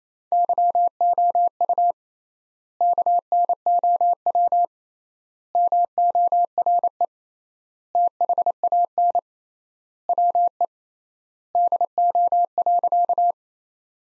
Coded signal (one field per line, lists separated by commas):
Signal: Morse code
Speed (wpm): 28 wpm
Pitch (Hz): 700 Hz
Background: none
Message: YOU KNOW MORE THAN WE DO.